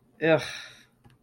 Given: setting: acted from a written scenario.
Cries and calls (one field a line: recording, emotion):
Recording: vocal sound without words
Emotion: contempt